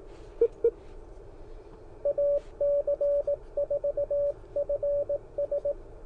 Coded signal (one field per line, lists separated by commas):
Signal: Morse code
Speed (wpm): 18 wpm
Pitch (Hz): 570 Hz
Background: radio noise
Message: AC4FS